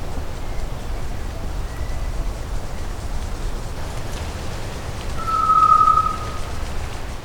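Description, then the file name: Solitary tinamou giving a long, pure, steady whistle near the end, over constant low rumbling background noise. Recorded in Cantareira State Park, São Paulo, Brazil, on 16 October 1999. "Tinamus-solitarius-PECantareira-SP-16-10-99-ASilveira"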